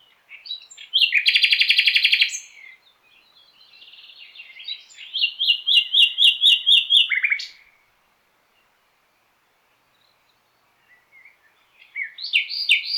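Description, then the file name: Common nightingale song: a loud rapid buzzing trill, then a run of repeated rising whistled notes, a pause, and a further burst of sharp phrases. "Luscinia megarhynchos"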